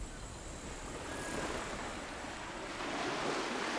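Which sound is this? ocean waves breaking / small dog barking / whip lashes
ocean waves breaking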